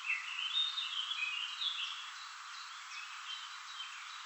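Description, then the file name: Common chaffinch song: a brisk phrase of bright notes at the start, then fading to scattered faint chirps. "Fringilla coelebs"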